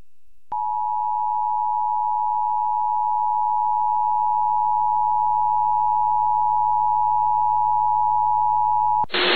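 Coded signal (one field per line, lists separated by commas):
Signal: Emergency Alert System (SAME) tones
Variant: 853 and 960 Hz attention tone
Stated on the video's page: Severe thunderstorm warnings from NWS Medford relayed by an FM station in Ashland, Oregon, recorded from its online live stream.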